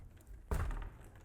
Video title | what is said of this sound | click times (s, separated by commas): Home Inspection with InterNACHI® Certified Inspector | it doesn't want to lock and it's not latching | none